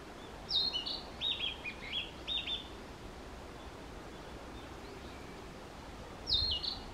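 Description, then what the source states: Narcissus flycatcher song: a run of clear, slightly buzzy whistled notes for about two seconds, then a pause and one more brief phrase at the end. Recorded 11 May 2023.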